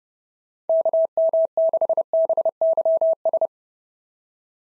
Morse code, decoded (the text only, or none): KM6BYS